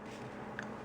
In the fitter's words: when you take it apart, you hear that click.